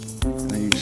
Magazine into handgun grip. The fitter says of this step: all the way yeah you hear it click you're good to go